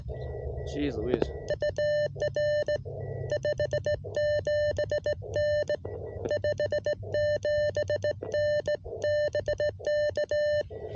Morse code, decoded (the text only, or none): UR 57N 57N BK